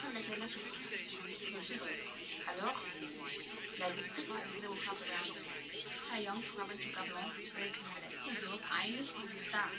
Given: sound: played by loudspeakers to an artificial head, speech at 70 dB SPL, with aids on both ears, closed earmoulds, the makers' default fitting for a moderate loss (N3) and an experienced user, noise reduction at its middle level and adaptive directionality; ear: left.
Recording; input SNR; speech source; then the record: speech test signal (ISTS) in cocktail-party noise; 0 dB; on the right (90 degrees)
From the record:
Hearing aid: class 1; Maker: E